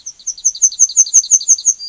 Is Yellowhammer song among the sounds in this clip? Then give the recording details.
yes. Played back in forest. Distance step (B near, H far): B. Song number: 006